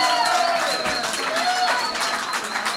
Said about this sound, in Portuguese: Isto vem da Espanha, claro. É representante de Espanha. Um aplauso.